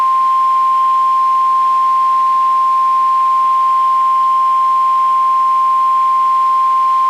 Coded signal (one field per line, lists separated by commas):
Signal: Emergency Alert System (SAME) tones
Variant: 1050 Hz attention tone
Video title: NOAA Weather Radio - Weekly EAS Test - 5/1/19